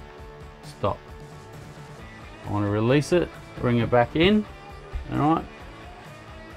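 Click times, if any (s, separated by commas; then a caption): none. A window stay lock on an MDC XT12HR offroad caravan window is released and the window is brought back in, while someone talks over faint background music. Nothing has seated or clicked yet; the stay has not locked back into place.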